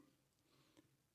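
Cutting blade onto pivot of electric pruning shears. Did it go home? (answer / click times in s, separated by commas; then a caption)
no / none. A metal cutting blade is handled and fitted onto the pivot hole of MODOFO brushless electric pruning shears with a 2.1-inch cut and LCD display, during a blade change. Quiet handling noise runs throughout, with a brief louder contact sound around 0.8 s. The blade has not locked onto the pivot yet, and nothing has seated or clicked.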